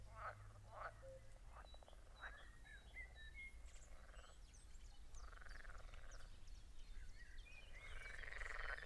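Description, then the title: Frogs croaking in many short, rough bursts at an uneven pace, with thin bird chirps and whistles above and a low hum. Frog concert at Schloss Tornow. "Schloss Tornow Froschkonzert mit Kuckuck"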